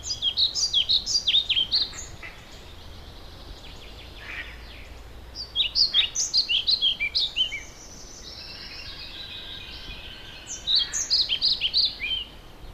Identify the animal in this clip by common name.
European Pied Flycatcher